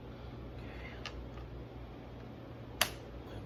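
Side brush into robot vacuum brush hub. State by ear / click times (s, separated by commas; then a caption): seated / 2.8 s. A plastic side brush is pressed onto the brush hub on the underside of a Robovac 15C Max robot vacuum over a low steady hum. A faint tap comes at 1.1 s, then a sharp, bright click at 2.8 s as the brush seats in place.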